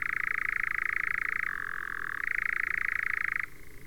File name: engoulevent d europe